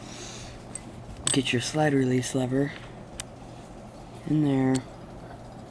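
With the slide refitted on a replica 1911 pistol and its notch lined up with the frame hole, the metal slide release lever is being worked into place. Someone talks while brief sharp ticks sound at about 0.8 and 3.2 seconds. The lever has not seated or snapped in yet.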